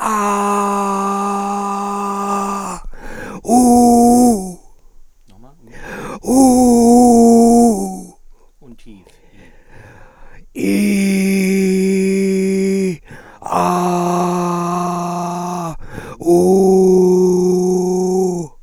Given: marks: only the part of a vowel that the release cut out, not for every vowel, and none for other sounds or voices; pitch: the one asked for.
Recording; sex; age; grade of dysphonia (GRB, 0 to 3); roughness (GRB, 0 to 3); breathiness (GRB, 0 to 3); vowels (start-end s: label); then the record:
sustained vowels; male; 60 to 69 years; 3; 3; 3
0.38-1.86 s: vowel /a/, high pitch
3.62-4.29 s: vowel /u/, high pitch
11.48-12.74 s: vowel /i/, low pitch
13.83-15.13 s: vowel /a/, low pitch
16.49-18.16 s: vowel /u/, low pitch
From the record:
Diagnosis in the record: frontolateral partial laryngectomy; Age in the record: 67 years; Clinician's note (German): Zustand nach Hemilaryngektomie, unvollständige Kompensation